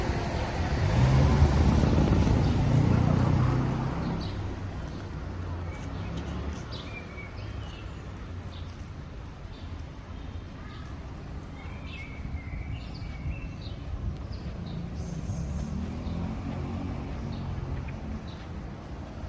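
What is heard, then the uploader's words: Walking through the streets of Tel Aviv, with a vehicle rumbling past loudly in the first few seconds before fading into a steady low traffic hum. Faint voices and small sharp sounds come and go, and another engine swells briefly near the end. Street Sounds. Walking In Tel Aviv, Israel.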